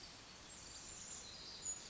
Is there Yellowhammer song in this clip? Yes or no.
no